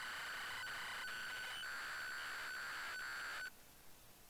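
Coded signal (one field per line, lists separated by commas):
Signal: ZX Spectrum tape loading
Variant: Speedlock loader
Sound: harsh buzzing tone with harmonics and short breaks, then sudden stop into hiss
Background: tape hiss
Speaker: I'm going to try the other one. We'll try the other one. Try the other one. There's another loader.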